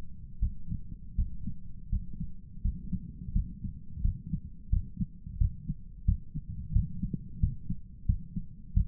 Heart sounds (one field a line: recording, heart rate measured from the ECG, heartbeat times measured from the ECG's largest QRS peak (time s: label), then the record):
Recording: heart sounds by stethoscope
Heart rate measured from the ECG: 86 bpm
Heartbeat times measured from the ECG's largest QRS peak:
0.39 s: heartbeat
1.15 s: heartbeat
1.89 s: heartbeat
2.61 s: heartbeat
3.33 s: heartbeat
4.01 s: heartbeat
4.69 s: heartbeat
5.37 s: heartbeat
6.05 s: heartbeat
6.72 s: heartbeat
7.39 s: heartbeat
8.06 s: heartbeat
8.73 s: heartbeat
From the record:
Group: healthy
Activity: rest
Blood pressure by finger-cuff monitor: 157/87 mmHg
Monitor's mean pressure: 104 mmHg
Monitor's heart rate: 88 bpm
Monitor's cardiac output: 7.8 L/min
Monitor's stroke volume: 95 mL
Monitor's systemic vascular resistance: 970 dyn s/cm5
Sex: male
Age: 57 years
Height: 188 cm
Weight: 106 kg